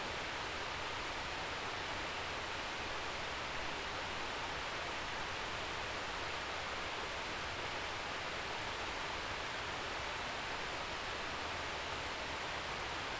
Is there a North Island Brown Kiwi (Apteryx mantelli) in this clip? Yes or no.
no